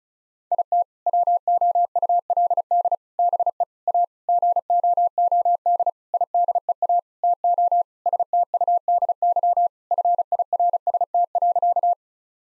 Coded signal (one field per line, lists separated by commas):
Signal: Morse code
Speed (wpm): 34 wpm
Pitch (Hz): 700 Hz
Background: none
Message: IT WOULD BE A GOOD IDEA TO STUDY FIRST.